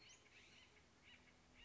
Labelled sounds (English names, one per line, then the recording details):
Acorn Woodpecker
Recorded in Sonoma County, California